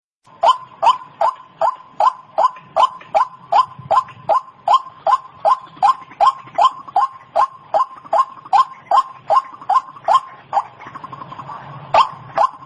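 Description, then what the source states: White-breasted Waterhen calls, rapid repeated harsh notes in a steady rhythm, breaking off briefly before one last note. Call used as a lure for wild birds.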